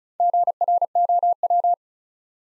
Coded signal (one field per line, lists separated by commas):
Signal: Morse code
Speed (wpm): 34 wpm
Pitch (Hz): 700 Hz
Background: none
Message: GROW